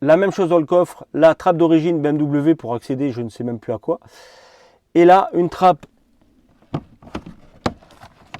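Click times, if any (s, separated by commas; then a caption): 7.7 s. A 3D-printed plastic access hatch for the battery is pressed into its opening in the trunk trim panel of a BMW, next to the original BMW hatch. Someone talks for about six seconds, then a few light plastic taps and knocks lead to a sharp snap at 7.7 s as the hatch clips in like the original. A couple more small clicks follow.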